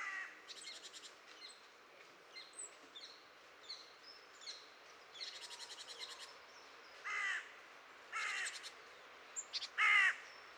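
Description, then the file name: Great tit calls: scattered thin high notes and buzzy rattling bursts, ending with several louder harsh, rasping calls near the close. "Parus major"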